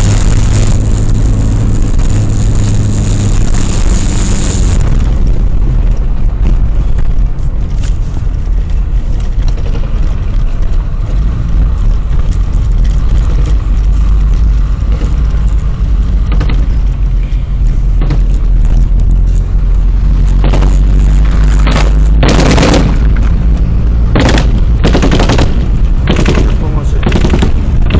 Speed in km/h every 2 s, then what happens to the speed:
65, 63, 57, 43, 33, 32, 30, 29, 27, 26, 29, 32, 37, 46.
0-17 slows to 26. 17-28 speeds up to 46.